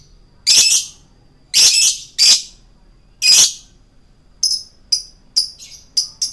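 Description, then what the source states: Lovebird song of several loud, harsh high squawks, followed by quicker, thinner chirps coming in rapid succession. Male lovebird, described as 'gacor'.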